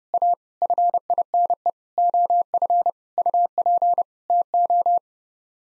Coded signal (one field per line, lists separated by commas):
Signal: Morse code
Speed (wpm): 32 wpm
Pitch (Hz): 700 Hz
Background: none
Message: A FINE OF UP TO